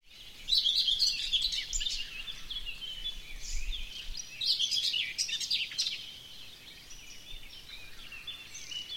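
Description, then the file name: Whinchat song in brief bursts: a jumbled warble of thin whistles and rasping notes, repeated after a gap, with quieter twittering and soft background noise between. "pruunselg"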